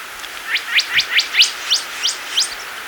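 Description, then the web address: Tit-like dacnis giving a rapid run of eight thin upslurred notes over soft steady background noise. Recorded in Ecuador. "Natures Songs S America Birds of Ecuador. Tit-Like Dacnis"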